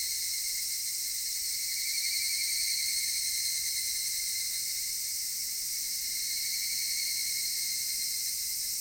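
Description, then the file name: Cicada chorus, a steady high hissing buzz holding on throughout with a slight swell partway through and no break. Cicadas recorded in Japan. "Cigales nippon"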